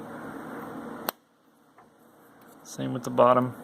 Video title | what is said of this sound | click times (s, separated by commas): Computer Assembly: Hard Disk (Storage) and Memory (RAM) | it in and then push into you here click same | 1.1 s